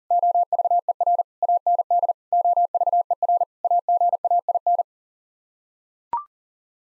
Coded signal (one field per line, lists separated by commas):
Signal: Morse code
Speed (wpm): 40 wpm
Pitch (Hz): 700 Hz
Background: none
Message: OVER AND OVER AGAIN